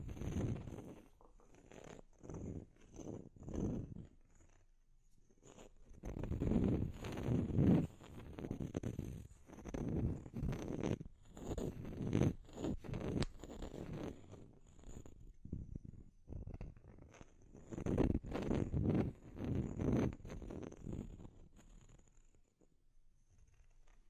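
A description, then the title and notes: Deep, rough scratching in rhythmic strokes, a steady series of rasps for the first few seconds, then a dense, almost continuous stretch of scraping through the middle. After a short pause, quicker bursts of strokes return before the sound trails off into quiet. Deep Scratching. (No Talking).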